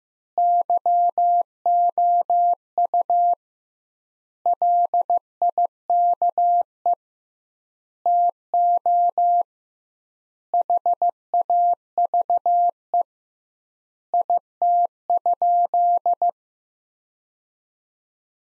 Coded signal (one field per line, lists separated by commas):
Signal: Morse code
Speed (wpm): 15 wpm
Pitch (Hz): 700 Hz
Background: none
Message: YOU LIKE TO HAVE IT?